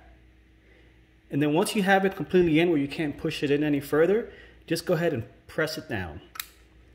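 A laptop memory module is being fitted into the SO-DIMM slot of an HP 840 G6, inserted at an angle until it can't go in any further, while someone talks. The module has not yet been pressed down, so nothing has seated or clicked into place yet.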